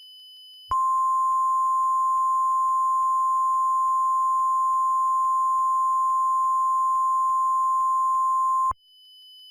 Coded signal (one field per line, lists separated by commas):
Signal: Emergency Alert System (SAME) tones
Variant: 1050 Hz attention tone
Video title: EAS - Electrical Annihilation II